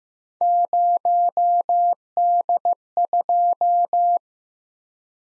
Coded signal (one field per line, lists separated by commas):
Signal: Morse code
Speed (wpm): 15 wpm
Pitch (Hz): 700 Hz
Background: none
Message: 0D2